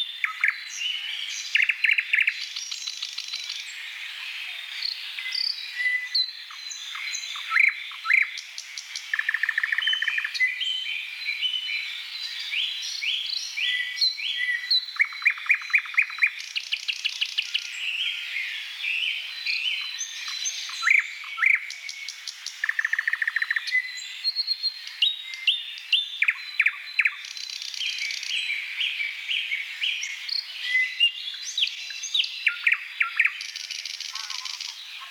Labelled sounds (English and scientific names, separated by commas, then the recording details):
Thrush Nightingale (Luscinia luscinia) song
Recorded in the wild
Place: Selenter See, Schleswig-Holstein, DE
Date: 1982-06-02
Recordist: Schwarz, Dieter